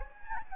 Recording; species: mosquito wingbeat signal from an infrared sensor; Anopheles gambiae